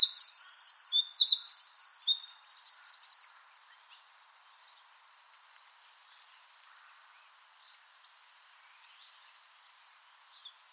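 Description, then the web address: Bird song, a burst of quick high trilled notes and sharp chirps for about three seconds, followed by near silence and a brief return of chirping at the end. "cianscape birddata Deverinetal 2025"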